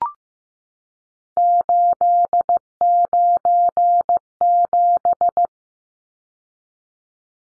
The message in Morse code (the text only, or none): 897